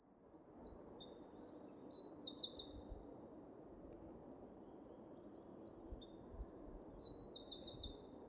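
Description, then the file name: Eurasian wren singing two high, rapid bursts, each with fast rattling trills, separated by a pause of a few seconds over a low steady rumble. "Troglodytes troglodytes"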